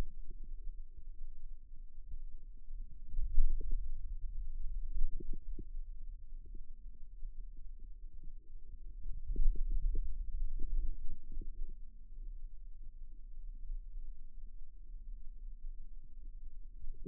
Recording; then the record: forearm muscle sounds (acoustic myography)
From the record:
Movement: radial deviation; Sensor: system 2, bracelet of six BSWA MPA416 microphones around the upper forearm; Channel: 4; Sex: male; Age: 22 years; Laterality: right